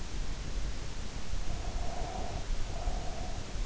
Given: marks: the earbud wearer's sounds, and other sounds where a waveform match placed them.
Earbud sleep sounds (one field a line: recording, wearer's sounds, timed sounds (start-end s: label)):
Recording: sounds in sleep by an in-ear microphone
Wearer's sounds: breath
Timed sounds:
1.33-3.57 s: breath